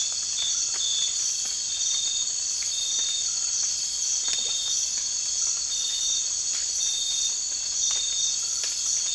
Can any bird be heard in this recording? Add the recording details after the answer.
no. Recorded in dense forest near Puerto Asís, Putumayo, Colombia, on 12 March 2025 at 04:30. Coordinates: 0.484, -76.317. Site G064